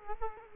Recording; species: mosquito wingbeat signal from an infrared sensor; Culex quinquefasciatus